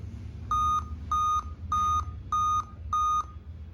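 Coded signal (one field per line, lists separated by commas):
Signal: beep code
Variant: Dell laptop BIOS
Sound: five short, evenly spaced electronic beeps, each about a third of a second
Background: fan noise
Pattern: 5 short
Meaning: Five beeps indicate a real-time clock (RTC) problem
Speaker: ये जहाँ तक मुझे तो लगता है ये आरटीसी सेक्शन का प्रॉब्लम हो सकता है।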